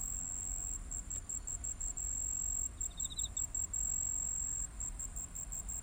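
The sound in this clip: Cricket chirping: a steady high trill of rapid pulses throughout, over low rumbling background noise, with a brief faint lower twitter near the middle.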